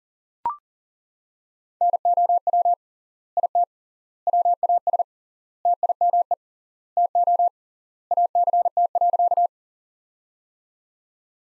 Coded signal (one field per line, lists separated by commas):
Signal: Morse code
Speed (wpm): 40 wpm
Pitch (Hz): 700 Hz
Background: none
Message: NOW IT WAS TIME TO ACT.